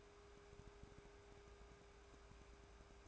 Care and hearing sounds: daily activity, microphone in the room; take from stove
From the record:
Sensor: 2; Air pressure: 1010.2 hPa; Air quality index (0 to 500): 159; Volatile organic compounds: 7 ppm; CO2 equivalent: 1998 ppm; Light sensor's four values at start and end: 41/99/44/50 and 42/100/45/51

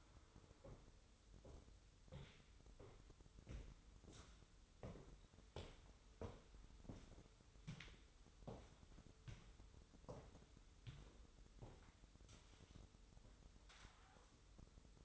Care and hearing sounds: daily activity, microphone in the room; walk to room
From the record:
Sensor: 3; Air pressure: 988.2 hPa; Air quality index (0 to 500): 176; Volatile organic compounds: 152 ppm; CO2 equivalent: 4033 ppm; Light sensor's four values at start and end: 24/75/31/27 and 24/76/32/27

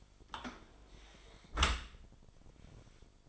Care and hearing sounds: daily activity, microphone in the room; close dishwasher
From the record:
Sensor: 5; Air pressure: 1003.2 hPa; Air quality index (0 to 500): 130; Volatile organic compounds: 1 ppm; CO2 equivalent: 951 ppm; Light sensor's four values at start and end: 94/227/96/109 and 91/218/93/105

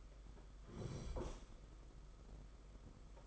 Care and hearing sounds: daily activity, microphone in the room; sit down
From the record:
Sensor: 5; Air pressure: 991.8 hPa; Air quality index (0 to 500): 144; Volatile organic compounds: 137 ppm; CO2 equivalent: 3961 ppm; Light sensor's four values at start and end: 32/108/40/43 and 32/108/40/43

